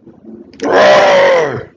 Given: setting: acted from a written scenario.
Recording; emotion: vocal sound without words; anger